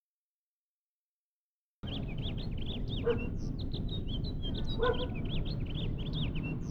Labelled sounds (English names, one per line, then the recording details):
House Finch song
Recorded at Oceanside on Long Island, New York, on 17 June 1975
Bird A